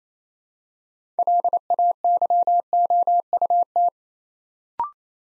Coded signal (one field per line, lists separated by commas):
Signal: Morse code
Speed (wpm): 28 wpm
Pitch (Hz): 700 Hz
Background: none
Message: LAYOUT